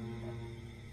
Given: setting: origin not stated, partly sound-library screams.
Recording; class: one-second piece from a danger detection set; normal situation